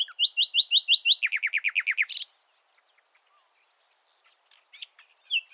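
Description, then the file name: Common nightingale singing: repeated rising whistled notes give way to a rapid series of descending notes, then quiet with a few soft scattered notes. "Luscinia megarhynchos"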